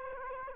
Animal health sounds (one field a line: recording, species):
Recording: mosquito wingbeat signal from an infrared sensor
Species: Aedes aegypti